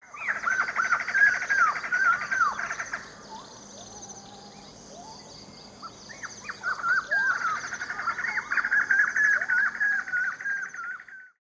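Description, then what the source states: Parrot calls: harsh, buzzy chattering in rapid pulses, two long noisy bouts separated by a quieter stretch of scattered squawks. South America.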